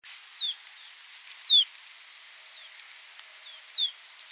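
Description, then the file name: Marsh tit calls: three thin, sharp notes sweeping steeply downward, spaced irregularly about one and two seconds apart, with fainter high chips between them. "Poecile palustris"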